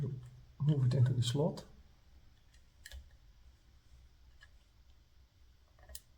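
Someone talks while a SIM card is slid into the spring-loaded card slot of a small TK9xx GPS tracker for a camper-van. Only faint handling ticks follow in the quiet afterward. The card has not seated or clicked into the slot yet.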